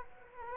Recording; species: mosquito wingbeat signal from an infrared sensor; Culex quinquefasciatus